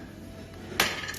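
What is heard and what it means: A socket wrench seated on the seat-mount bolt of an Aeron office chair is pushed down firmly to loosen it, over a faint steady background. At 0.8 s the bolt breaks free with a single sharp, bright click that fades quickly, leaving the bolt released.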